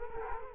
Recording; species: mosquito wingbeat signal from an infrared sensor; Culex quinquefasciatus